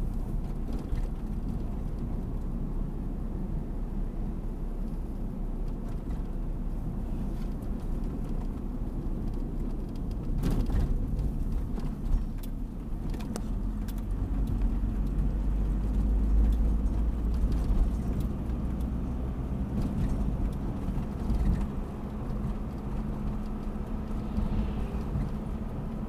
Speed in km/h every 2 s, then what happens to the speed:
43, 43, 44, 43, 38, 32, 32, 35, 40, 46, 51, 52, 54.
0-5 steady at about 43. 5-10 slows to 32. 12-26 speeds up to 54.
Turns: none.